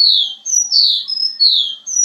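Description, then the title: Javan bush lark song: falling high whistles alternating with shorter, level higher notes in a repeating pattern. "Suara Burung Branjangan"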